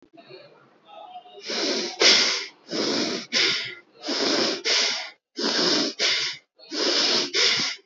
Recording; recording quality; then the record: shallow breathing; excellent, no background noise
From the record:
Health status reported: healthy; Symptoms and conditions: none ticked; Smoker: not ticked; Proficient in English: yes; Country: India